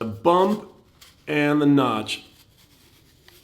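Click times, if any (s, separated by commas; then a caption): 3.3 s. Someone talks, then a headphone speaker baffle, likely a printed plastic part, is pressed into the ear cup housing so its bump engages the matching notch. A single soft tick at 3.3 s marks the baffle locking into the cup, seated and aligned.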